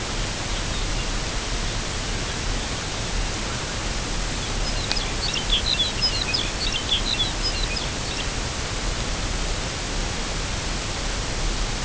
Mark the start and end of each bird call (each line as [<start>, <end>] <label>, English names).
[0.45, 1.10] Lapland Longspur
[1.55, 2.40] Lapland Longspur
[4.35, 8.36] Lapland Longspur